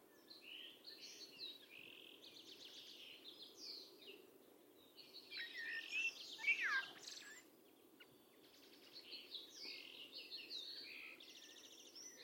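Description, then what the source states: Bird calls: a continuous mesh of high chirps and buzzy trills with a louder tangle near the middle. Calls rendered as "tu me tu me".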